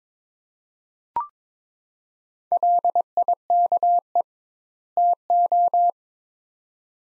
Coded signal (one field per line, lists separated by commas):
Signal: Morse code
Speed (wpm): 22 wpm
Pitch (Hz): 700 Hz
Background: none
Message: LIKE TO